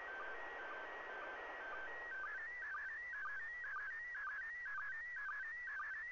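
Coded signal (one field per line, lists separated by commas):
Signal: SSTV (slow-scan television)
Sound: steady whistle, then warbling tone with regular short low blips about twice a second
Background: FM radio hiss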